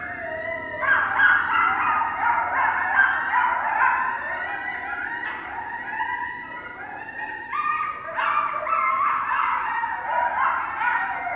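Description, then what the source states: Coyotes yipping and howling together in a dense, chaotic chorus of quavering, pitch-bending cries, briefly easing midway before rising again. Several coyotes, recorded 29 December 2012.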